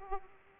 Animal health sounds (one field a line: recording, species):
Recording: mosquito wingbeat signal from an infrared sensor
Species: Aedes aegypti